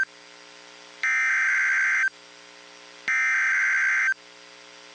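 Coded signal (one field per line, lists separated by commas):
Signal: Emergency Alert System (SAME) tones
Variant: header bursts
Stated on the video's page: Tornado warning received on NOAA Weather Radio station KIG79.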